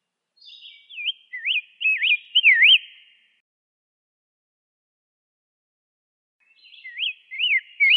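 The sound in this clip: Rose-breasted grosbeak singing rich, rising-and-falling whistled notes in a short warbled phrase, then a pause and a second phrase beginning.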